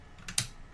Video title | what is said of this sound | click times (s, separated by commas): Make a Model Monday - The 3D Printed Clamp | then with a little bit of pressure there we go snaps right into place just like that | 0.4 s